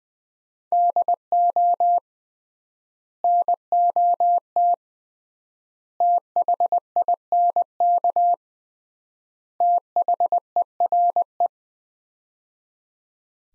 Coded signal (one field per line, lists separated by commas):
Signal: Morse code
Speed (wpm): 20 wpm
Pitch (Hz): 700 Hz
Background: none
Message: DO NOT THINK THERE